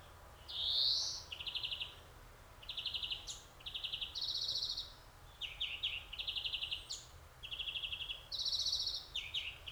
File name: Chloris chloris